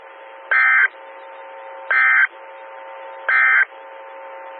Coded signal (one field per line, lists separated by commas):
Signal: Emergency Alert System (SAME) tones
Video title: 2014-06-16 - WX9MCS 147.255 MHz SKYWARN Repeater